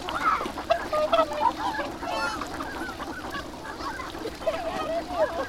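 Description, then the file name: Ducks calling as a flock, a dense chorus of overlapping nasal, honking calls that run without pause through the whole stretch, some notes rising or wavering. Recorded at the Abukuma River on 7 January 2021. "abukuma duck 20210107"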